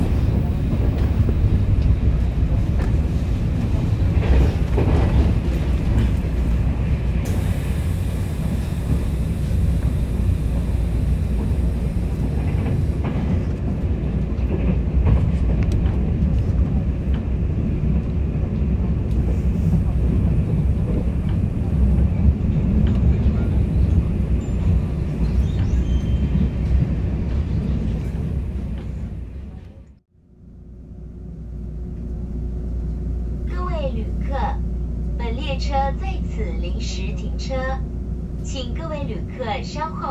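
A steady, heavy rumble of a train at Tainan station fills the first half minute, deep, with faint voices underneath. Around thirty seconds it drops away almost to silence, then swells back, now overlaid by bright squeaking and chirping sounds.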